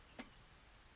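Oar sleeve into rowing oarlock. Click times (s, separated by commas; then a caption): 0.2 s. The oar handle is rolled to feather, and the flat of the plastic oar sleeve drops into the rowing oarlock with a single short click at 0.2 s. The sleeve seats in the oarlock, and the click is clearly audible over a quiet background.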